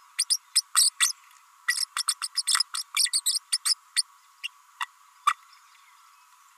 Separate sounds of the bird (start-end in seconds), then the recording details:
0.18-0.24, 0.29-0.38, 0.55-0.61, 0.74-0.90, 0.99-1.12, 1.67-1.85, 1.96-2.02, 2.07-2.14, 2.21-2.27, 2.35-2.42, 2.47-2.53, 2.74-2.83, 2.96-3.10, 3.13-3.21, 3.25-3.38, 3.52-3.57, 3.65-3.74, 3.96-4.02, 4.43-4.48, 4.80-4.85, 5.26-5.35. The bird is a female. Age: 32 days. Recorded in a nest box in Venezuela. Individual 17B32A5